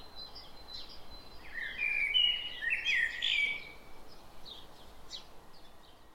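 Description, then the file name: Common blackbird singing a rich, fluty warbled phrase lasting about two seconds, with scattered high chirps before and after. "Turdus merula"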